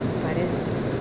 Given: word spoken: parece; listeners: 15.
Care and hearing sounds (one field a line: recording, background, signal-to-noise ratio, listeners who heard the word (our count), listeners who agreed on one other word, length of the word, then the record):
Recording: one Spanish word in noise, from a listening test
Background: speech-shaped noise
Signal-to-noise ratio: -5.2 dB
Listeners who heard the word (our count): 0 of 15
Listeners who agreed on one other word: 9 of 15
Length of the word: 0.61 s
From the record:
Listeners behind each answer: 9, 1, 1, 1, 1, 1, 1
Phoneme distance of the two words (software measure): 17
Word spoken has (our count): 3 syllables, 6 phonemes, stress on syllable 2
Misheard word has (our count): 2 syllables, 5 phonemes, stress on syllable 2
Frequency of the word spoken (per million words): 357.59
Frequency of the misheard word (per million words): 44.55